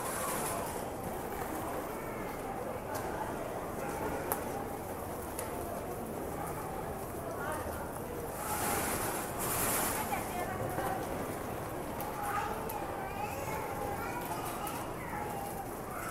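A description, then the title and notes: Busy station bustle with people talking in an overlapping murmur and a steady low rumble underneath. The level stays fairly even throughout, with brief hissing bursts and clatters around the eight- to ten-second mark and scattered clicks and knocks elsewhere. It is a recording of a busy train station. You can hear the hustle and bustle of the station, people talking, trains coming and going, and other ambient noise.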